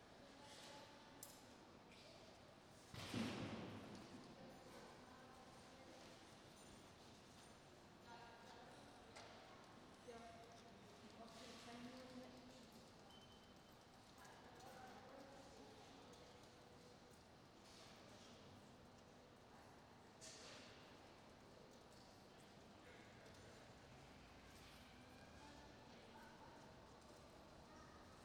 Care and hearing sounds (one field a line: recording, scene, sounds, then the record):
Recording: everyday scene through a hearing-aid microphone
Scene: reverberant space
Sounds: background noise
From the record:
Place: railway station hall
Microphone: in the ear canal, right